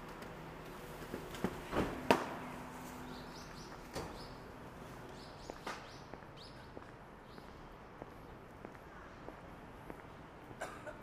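Saturday morning in bustling Shinjuku: a steady murmur of street sound carries sharp clicks and knocks scattered throughout. The loudest cluster of bangs and clatter comes around two seconds in, with fainter taps and brief bright chirps recurring every second or so afterward.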